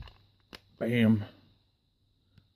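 The second plastic leg of a build-a-figure action figure is fitted into the torso's hip socket, and a sharp snap at 0.55 s shows it seating in place. Someone talks briefly afterward, and a faint tick follows near the end.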